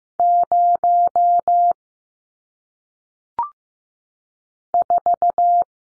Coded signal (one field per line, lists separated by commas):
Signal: Morse code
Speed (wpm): 15 wpm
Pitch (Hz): 700 Hz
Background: none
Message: 0 4